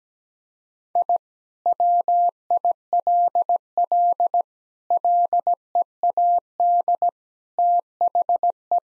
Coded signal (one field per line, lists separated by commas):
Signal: Morse code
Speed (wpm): 17 wpm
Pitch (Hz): 700 Hz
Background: none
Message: I WILL LEAD THE